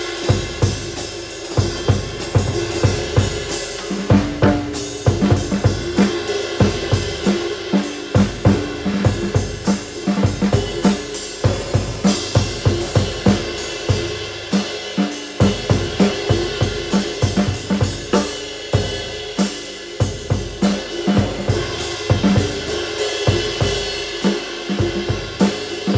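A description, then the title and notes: Three ride cymbals are struck in a fast, steady overlapping rhythm, their bright shimmering wash constant under dense pings and low thuds. Three ride cymbals working together. 20” Funch “old K clone”, 21” Paiste Signature prototype, and 20” Sabian Encore flat ride.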